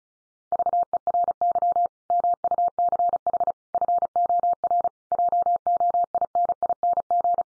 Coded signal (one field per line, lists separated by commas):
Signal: Morse code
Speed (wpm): 34 wpm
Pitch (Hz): 700 Hz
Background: none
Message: VERY MUCH FOR JOINING